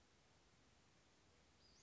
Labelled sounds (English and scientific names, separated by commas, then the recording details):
Western Flycatcher (Empidonax difficilis)
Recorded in Sonoma County, California